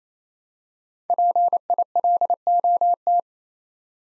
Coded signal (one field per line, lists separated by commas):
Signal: Morse code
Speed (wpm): 27 wpm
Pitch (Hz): 700 Hz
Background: none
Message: PILOT